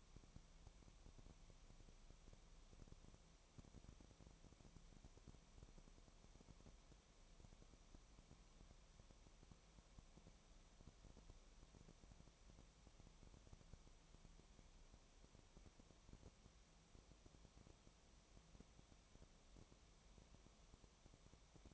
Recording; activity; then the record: daily activity, microphone in the room; no activity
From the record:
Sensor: 1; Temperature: 19.4 degrees Celsius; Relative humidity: 35.7%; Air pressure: 1003.3 hPa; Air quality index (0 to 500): 113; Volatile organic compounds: 2 ppm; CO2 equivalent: 1258 ppm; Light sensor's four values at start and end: 1/2/1/1 and 1/2/1/1